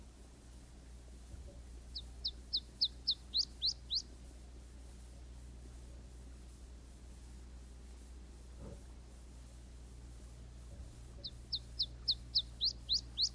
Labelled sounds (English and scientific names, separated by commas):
Iberian Chiffchaff (Phylloscopus ibericus) song